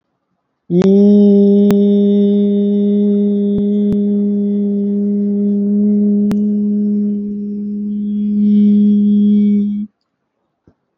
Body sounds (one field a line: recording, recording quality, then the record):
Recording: sustained vowel as in beet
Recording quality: excellent, no background noise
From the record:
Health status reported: healthy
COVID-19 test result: not tested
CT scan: not taken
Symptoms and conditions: cough, cold, fever, muscle pain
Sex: male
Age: 34 years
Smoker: no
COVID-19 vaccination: both doses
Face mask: not worn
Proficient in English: yes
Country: India